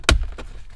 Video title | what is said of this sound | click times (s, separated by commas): HONDA CRV - ANDROID HEADUNIT INSTALL GUIDE | just pull it until you hear a click | 0.1 s